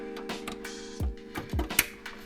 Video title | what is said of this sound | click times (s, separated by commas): Can I Turn A $100 Optiplex Into A Beast Gaming PC | See, y'all hear that click? Yeah. All right. | 1.8 s